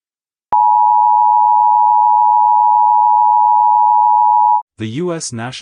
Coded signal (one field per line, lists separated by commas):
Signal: Emergency Alert System (SAME) tones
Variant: 853 and 960 Hz attention tone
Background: speech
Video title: Mini EAS Scenario: Severe Weather In Central Florida